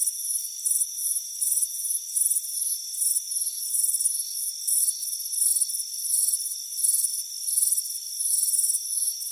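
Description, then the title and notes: Crickets chirp in fast, high, buzzy bursts over steady high insect tones. Crickets chirping on a warm afternoon by a front porch. "Soothing Crickets Chirping Sound. It's a warm afternoon as you relax in a hammock on the front porch. Relax and fall asleep to the soothing sound of chirping crickets. Deep Sleep Sounds"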